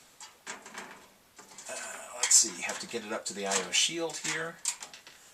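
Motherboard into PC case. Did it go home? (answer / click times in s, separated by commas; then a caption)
no / none. A motherboard is lifted by its CPU cooler fan, which is firmly locked to the board and serves as a handle, and moved toward the I/O shield of a PC case before any attempt to seat it. Someone talks over soft handling knocks and rustles. Nothing has seated or clicked yet.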